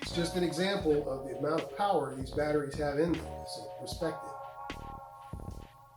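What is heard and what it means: Someone talks over background music while handling a battery lead connector that is about to be plugged into an electric scooter's wiring harness as the last install step. The connector is expected to pop with a small spark as it mates, but nothing has seated or clicked yet.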